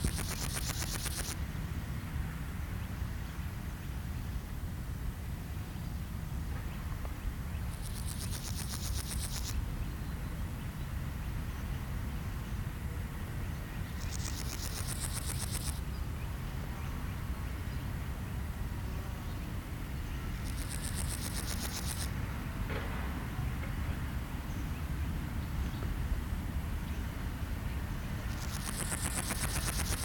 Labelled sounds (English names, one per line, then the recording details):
Meadow Grasshopper stridulation
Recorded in the wild
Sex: male
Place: Blankenfelde, Tegeler Fließ, Berlin, DE
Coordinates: 52.625, 13.404
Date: 1992-08-29 11:55
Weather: heiter (schwül), 23-28°C
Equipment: Marantz CP 430, Sennheiser ME 80, Kopie Tesla B 116
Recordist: Tembrock, Günter